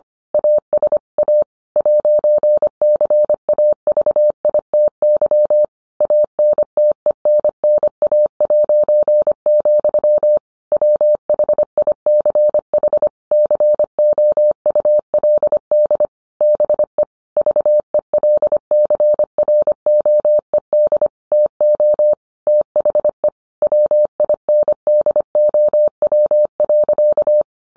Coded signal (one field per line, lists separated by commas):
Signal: Morse code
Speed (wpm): 25 wpm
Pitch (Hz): 600 Hz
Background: none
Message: ASA 'CAVITY ANTENNA', WHICH COULD BE VELCROED TO THE WINDOW.